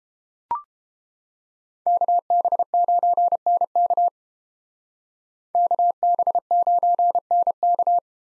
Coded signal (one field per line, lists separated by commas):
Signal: Morse code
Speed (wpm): 29 wpm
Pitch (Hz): 700 Hz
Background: none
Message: KB9NK KB9NK